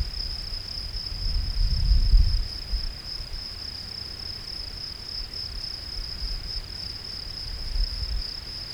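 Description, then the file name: Field cricket song, a sustained high chirping trill, with a loud rumbling gust near two seconds and softer low rumbles later. "Gryllus campestris"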